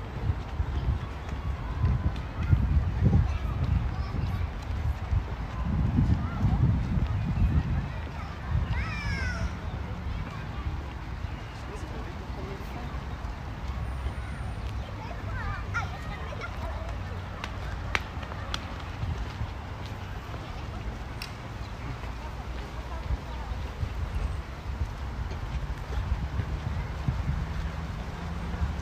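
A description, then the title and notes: A walk through a city park in Modiin, Israel, with a low rumble of wind or traffic and scattered voices throughout. Heavier low thumps come in the first eight seconds, a bird chirps around nine seconds, and brief ticks and clicks sound later. City Park Sounds. Walking In Modiin, Israel.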